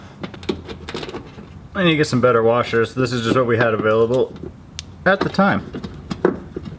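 A plastic bolt-on fender flare, Silverado Revit-style, is being fastened to a truck fender with screws and washers. Someone talks over a few light handling taps and clicks, and there are sharper knocks near the end. Nothing has seated or locked into place yet.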